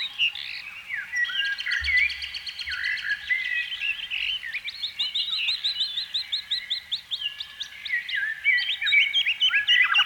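Canary song: a dense, unbroken stream of rapid repeated trills and chirping notes, bright and high, with a faint low thump early on.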